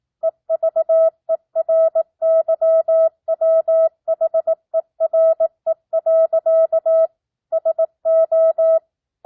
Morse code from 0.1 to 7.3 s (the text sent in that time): EVERYWHERE.